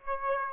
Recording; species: mosquito wingbeat signal from an infrared sensor; Aedes aegypti